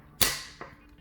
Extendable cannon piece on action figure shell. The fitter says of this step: back in locks into place in either position yeah